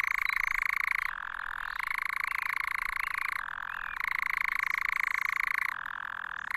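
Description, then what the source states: Nightjar churring: an even, motor-like trill held throughout, alternating between slightly higher and lower pitch. Churring from its perch at Cannock Chase.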